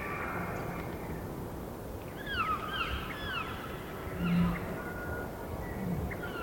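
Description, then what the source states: Elk bugles, a few thin whistled calls sliding up and down in arcs, faint over a steady low rumble. Distant bulls roaring in rutting season, morning of September 18 starting pre-dawn, just before hunting season; dry high plateau with pine stands, eastern Cascades, Washington, after a night windstorm.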